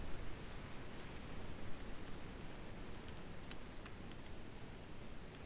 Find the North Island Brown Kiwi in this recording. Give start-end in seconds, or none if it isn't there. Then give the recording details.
none. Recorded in New Zealand on 7 January 2015. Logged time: 23:58. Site BX23